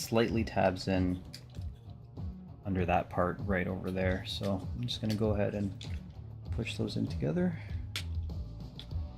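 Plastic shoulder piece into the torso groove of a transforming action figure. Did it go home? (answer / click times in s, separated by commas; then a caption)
yes / 8.0 s, 8.8 s. Someone talks while pushing the plastic shoulder pieces of a transforming robot action figure together into the torso groove under the tabs. Sharp snaps are heard at 8.0 s and 8.8 s as the shoulder pieces seat, the left side snapping in nicely.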